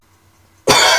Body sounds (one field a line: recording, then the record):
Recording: coughing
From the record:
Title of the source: Dry Coughing Fit in the Afternoon.